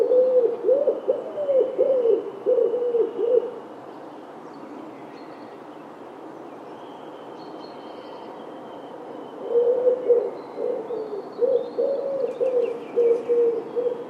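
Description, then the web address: Bird calling in quick runs of low, soft, bubbling notes. One burst comes at the start, then a quiet gap of several seconds, then the run resumes. "cianscape. Deverinetal. Bird Only"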